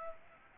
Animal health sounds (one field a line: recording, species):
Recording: mosquito wingbeat signal from an infrared sensor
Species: Aedes aegypti